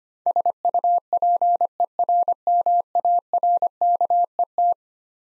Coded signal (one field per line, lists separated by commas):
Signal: Morse code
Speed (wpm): 25 wpm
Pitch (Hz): 700 Hz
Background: none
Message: SUPERMARKET